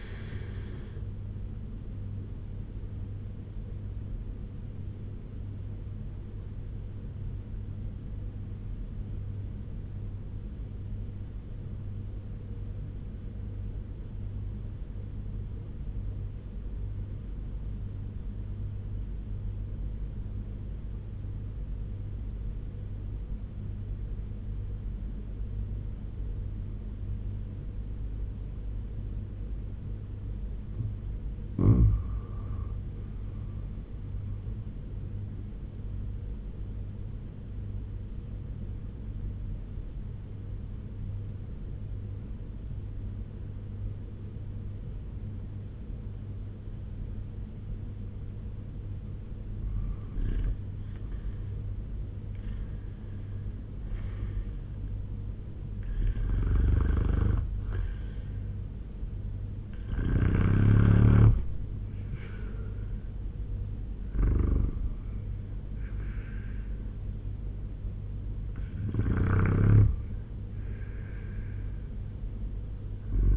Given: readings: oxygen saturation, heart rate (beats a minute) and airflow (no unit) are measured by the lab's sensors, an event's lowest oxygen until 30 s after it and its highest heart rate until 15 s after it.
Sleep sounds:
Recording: breathing in sleep by a smartphone at the bedside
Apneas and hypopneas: 2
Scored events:
4.00-32.30 s: obstructive apnea (N1, oxygen 95% highest, then 87% lowest, heart rate 86 at the start, 86 highest)
14.00-44.00 s: new sleep stage, N2 (light sleep)
40.00-51.10 s: obstructive apnea (N2, oxygen 89% highest, then 89% lowest, heart rate 72 at the start, 90 highest)
44.00-73.37 s: new sleep stage, N1 (lightest sleep)
From the record:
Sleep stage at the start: N1 (lightest sleep)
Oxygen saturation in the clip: 87 to 95%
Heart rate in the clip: 71 to 90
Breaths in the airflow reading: 7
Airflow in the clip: -9.8 to 11.9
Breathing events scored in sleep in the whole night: 201 in 6.5 hours asleep

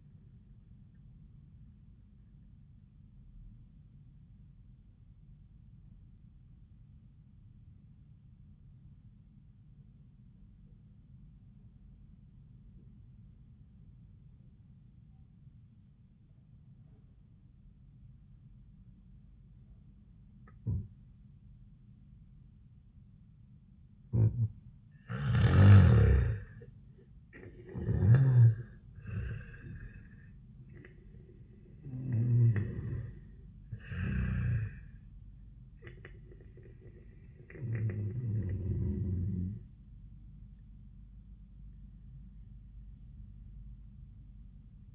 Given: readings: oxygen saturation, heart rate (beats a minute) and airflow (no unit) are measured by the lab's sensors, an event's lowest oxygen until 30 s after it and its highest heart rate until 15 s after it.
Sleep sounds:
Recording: breathing in sleep by a smartphone at the bedside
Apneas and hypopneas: 1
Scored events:
7.00-22.60 s: obstructive apnea (N1, oxygen 97% highest, then 82% lowest)
From the record:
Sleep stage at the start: N1 (lightest sleep)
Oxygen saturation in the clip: 82 to 97%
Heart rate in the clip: 69 to 81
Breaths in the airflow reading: 5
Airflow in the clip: -6.5 to 3.2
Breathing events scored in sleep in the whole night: 400 in 8.7 hours asleep

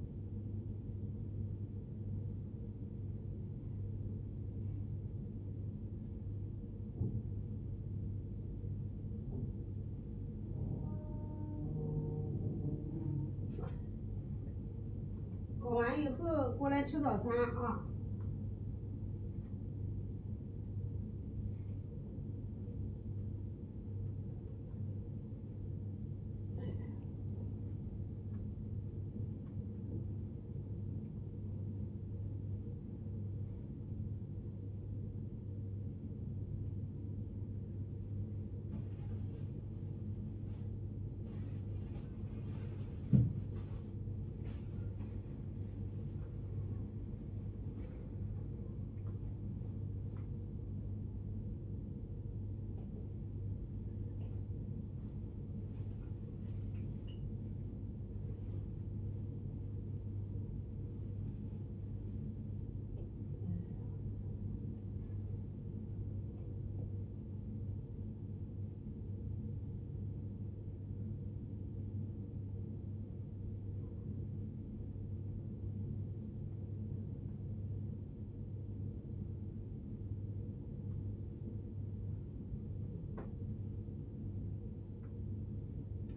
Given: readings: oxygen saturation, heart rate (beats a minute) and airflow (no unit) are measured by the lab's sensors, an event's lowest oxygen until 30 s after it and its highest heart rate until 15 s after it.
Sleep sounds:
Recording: a person awake in a sleep study, by a smartphone at the bedside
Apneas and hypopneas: none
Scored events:
0.00-86.16 s: awake
0.00-86.16 s: awake
From the record:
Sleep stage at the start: awake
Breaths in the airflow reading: 32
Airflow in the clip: -0.7 to 0.8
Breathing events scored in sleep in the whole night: 103 in 8.4 hours asleep

